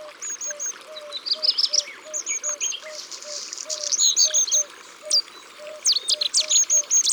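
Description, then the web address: Common nightingale song of repeated high whistled notes in short series, mixed with trills and sharp chirps, a steady low note pulsing below. "Rossignol-philomele abc-de-la-nature"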